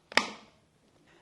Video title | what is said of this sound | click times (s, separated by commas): HOW-TO - Replace The Steering Motor On Your Power-Pole MOVE ZR | you should feel and hear them click into place as you press down | 0.2 s